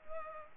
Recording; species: mosquito wingbeat signal from an infrared sensor; Culex pipiens